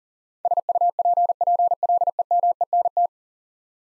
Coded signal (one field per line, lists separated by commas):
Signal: Morse code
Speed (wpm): 40 wpm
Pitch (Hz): 700 Hz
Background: none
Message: SUPPLEMENT